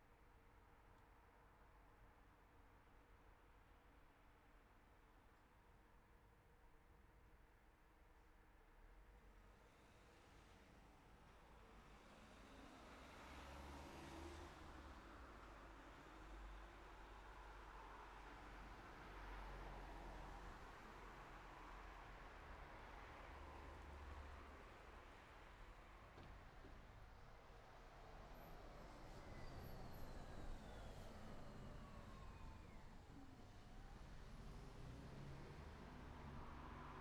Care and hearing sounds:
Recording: everyday scene through a hearing-aid microphone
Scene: in traffic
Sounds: traffic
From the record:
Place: city secondary road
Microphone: behind the ear, right, front

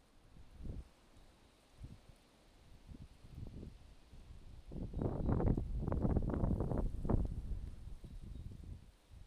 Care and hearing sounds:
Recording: everyday scene through a hearing-aid microphone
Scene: wind on the microphone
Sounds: wind, traffic, birds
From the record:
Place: suburban garden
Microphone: in the ear canal, left

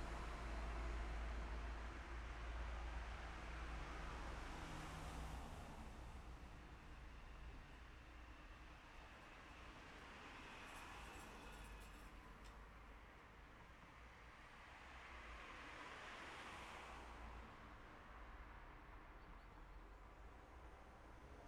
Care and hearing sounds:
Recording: everyday scene through a hearing-aid microphone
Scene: in traffic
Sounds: traffic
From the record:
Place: city secondary road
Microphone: behind the ear, left, front

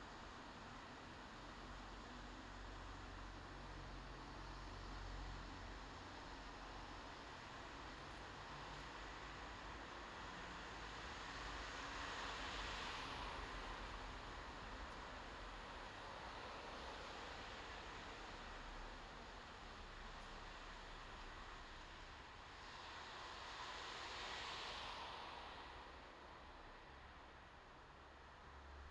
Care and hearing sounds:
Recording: everyday scene through a hearing-aid microphone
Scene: in traffic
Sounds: traffic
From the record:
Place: bus stop on a city main road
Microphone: in the ear canal, left

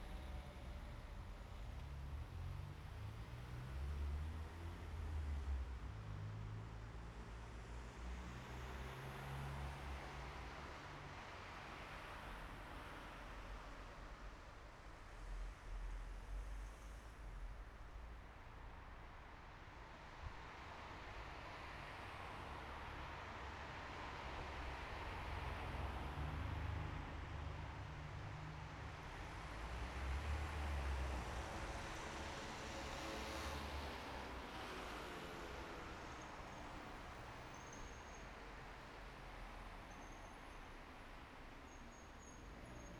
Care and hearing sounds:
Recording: everyday scene through a hearing-aid microphone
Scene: in traffic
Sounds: traffic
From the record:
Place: bus stop on a city main road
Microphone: behind the ear, right, front

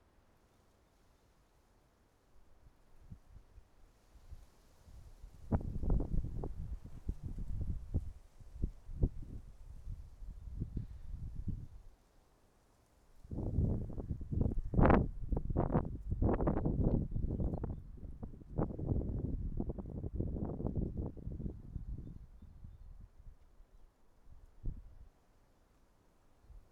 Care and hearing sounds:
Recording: everyday scene through a hearing-aid microphone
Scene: wind on the microphone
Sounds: wind, traffic, birds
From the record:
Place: suburban garden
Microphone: behind the ear, right, front

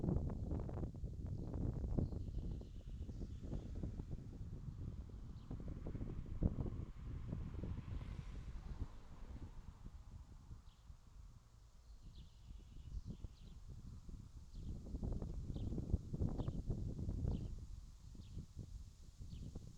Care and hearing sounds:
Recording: everyday scene through a hearing-aid microphone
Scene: wind on the microphone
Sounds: wind, traffic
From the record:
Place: in front of a rural house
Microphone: in the ear canal, left

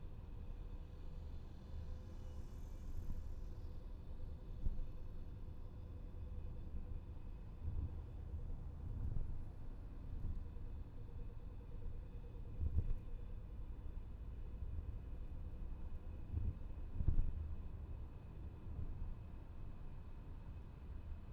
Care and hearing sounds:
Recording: everyday scene through a hearing-aid microphone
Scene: in a vehicle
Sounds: engine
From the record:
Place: VW T5 Caravelle, diesel engine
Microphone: behind the ear, left, front

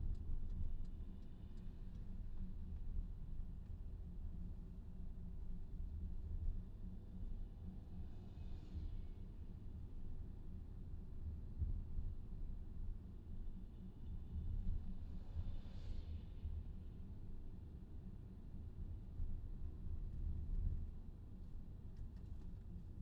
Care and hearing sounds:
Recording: everyday scene through a hearing-aid microphone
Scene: in a vehicle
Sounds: engine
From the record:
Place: VW T5 Caravelle, diesel engine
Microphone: in the ear canal, left

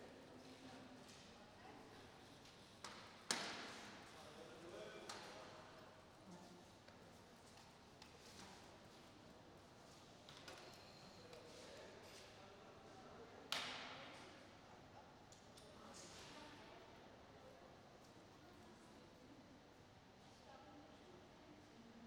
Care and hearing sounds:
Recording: everyday scene through a hearing-aid microphone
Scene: reverberant space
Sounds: background noise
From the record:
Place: railway station hall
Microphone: in the ear canal, right

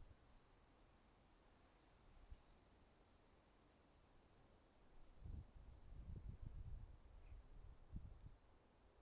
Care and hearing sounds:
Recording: everyday scene through a hearing-aid microphone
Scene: wind on the microphone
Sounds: wind, traffic, birds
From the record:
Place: suburban garden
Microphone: in the ear canal, right

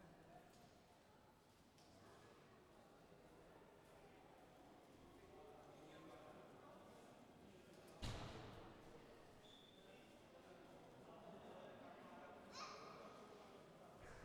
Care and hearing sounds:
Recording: everyday scene through a hearing-aid microphone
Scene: reverberant space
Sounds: background noise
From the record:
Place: railway station hall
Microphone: behind the ear, left, rear

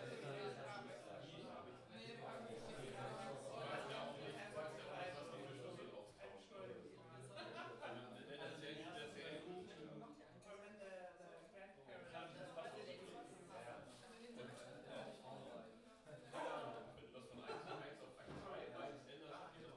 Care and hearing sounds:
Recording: everyday scene through a hearing-aid microphone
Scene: many people talking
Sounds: many voices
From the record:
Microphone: in the ear canal, left

